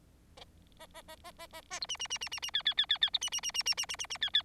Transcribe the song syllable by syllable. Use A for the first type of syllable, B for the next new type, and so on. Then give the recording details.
A A A A A A A B C C C C C C D D D D D B C C C C C C C C C D D. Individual Bird4